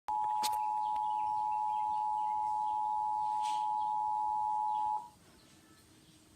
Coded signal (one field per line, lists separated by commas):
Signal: Emergency Alert System (SAME) tones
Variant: 853 and 960 Hz attention tone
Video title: And a eas warning from Thatbeef man channel